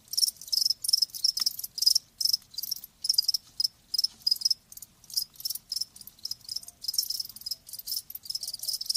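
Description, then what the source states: Crickets calling in fast, shrill pulses, grouped into short bursts that repeat steadily. Live crickets chirping.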